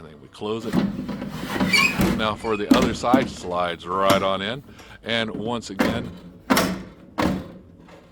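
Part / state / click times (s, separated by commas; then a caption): hinged side arm on a plastic toy playset base / seated / 7.2 s, 7.9 s. Someone talks while the other hinged side arm of a plastic toy playset base is slid on and raised until it locks upright. Sharp clicks at 7.2 and 7.9 seconds mark it ratcheting up and seating in place.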